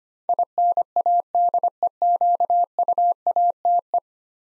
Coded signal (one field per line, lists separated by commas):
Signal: Morse code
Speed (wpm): 25 wpm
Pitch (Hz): 700 Hz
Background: none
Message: INADEQUATE